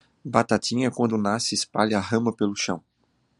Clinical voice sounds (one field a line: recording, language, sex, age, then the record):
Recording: short text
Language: Brazilian Portuguese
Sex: male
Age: 40 to 49 years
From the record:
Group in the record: control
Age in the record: 46 years